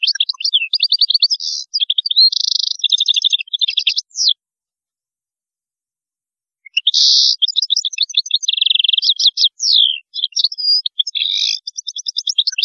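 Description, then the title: European goldfinch song: extended fluent twittering with repeated buzzy trills and sweeping notes. The song breaks for about two seconds, then resumes equally rich and fast. "Chant Chardonneret"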